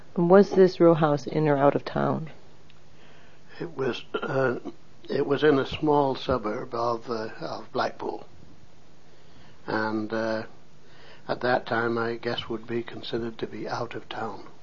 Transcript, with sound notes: Was this row house in or out of town?
It was (clears throat) it was in the small suburb of -- of Blackpool. And at that time my guess would be considered to be out of town.